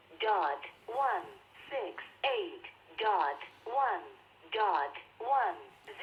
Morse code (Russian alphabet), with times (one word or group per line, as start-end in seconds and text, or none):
none